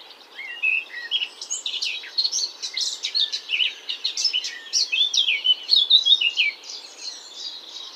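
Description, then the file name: Eurasian blackcap singing a fast, varied warble of high chirps, trills and whistled slurs, almost nonstop for about six seconds before fading. "Sylvia atricapilla"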